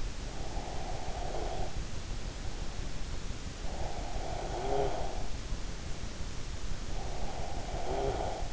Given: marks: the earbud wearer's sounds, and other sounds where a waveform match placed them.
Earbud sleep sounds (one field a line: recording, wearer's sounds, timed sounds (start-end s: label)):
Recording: sounds in sleep by an in-ear microphone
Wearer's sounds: snoring breath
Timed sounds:
0.21-2.89 s: snoring breath
3.82-6.02 s: snoring breath
6.91-8.53 s: snoring breath